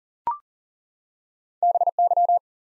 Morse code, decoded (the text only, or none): BY